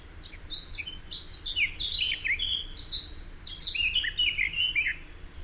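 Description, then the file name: Eurasian blackcap song: a varied warble of thin squeaky and chattering notes, in two close bursts. "Sylvia atricapilla"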